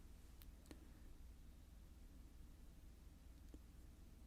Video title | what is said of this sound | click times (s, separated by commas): Fixing My Nikon 50mm 1.4 AI-S Lens | until everything clicks into place | 0.4 s